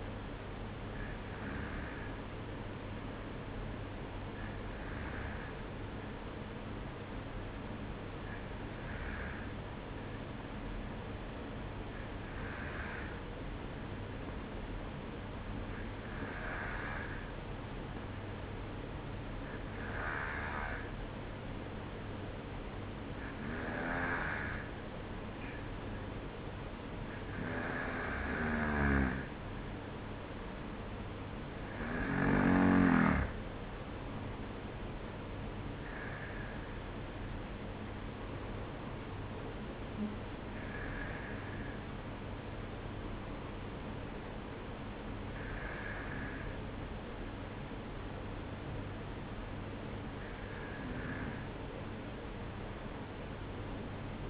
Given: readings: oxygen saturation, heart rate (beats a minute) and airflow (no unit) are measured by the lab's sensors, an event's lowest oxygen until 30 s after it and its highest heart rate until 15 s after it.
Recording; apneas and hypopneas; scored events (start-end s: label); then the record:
breathing in sleep by a voice recorder at the bedside; none
none scored
From the record:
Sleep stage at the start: N2 (light sleep); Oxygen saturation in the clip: 93 to 95%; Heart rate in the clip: 51 to 55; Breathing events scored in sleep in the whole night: 305 in 9.6 hours asleep